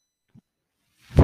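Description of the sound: Near silence, a faint low thud, then a quick rising rush of air from a home mechanical ventilator.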